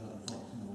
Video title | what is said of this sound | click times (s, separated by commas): D4 Work Rescue Descender Instructional Video updated version | the side parts just click in right now and there's | 0.3 s